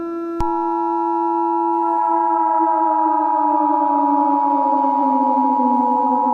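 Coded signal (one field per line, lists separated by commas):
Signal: Emergency Alert System (SAME) tones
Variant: 853 and 960 Hz attention tone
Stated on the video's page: Fictional scenario with sirens and distorted effects, containing valid and invalid EAS tones.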